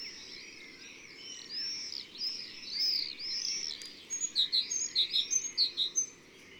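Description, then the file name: Great tit phrases, a quick run of paired high notes near the end, following earlier slurred whistles. Recorded in the Drôme, France. "Mesange cherbonniere Concerts Naturels de la Drome Studio les Trois Becs"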